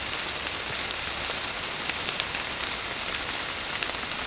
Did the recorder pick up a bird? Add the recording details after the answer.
no. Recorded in secondary vegetation near Puerto Asís, Putumayo, Colombia, on 21 March 2025 at 13:00. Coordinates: 0.485, -76.322. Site G040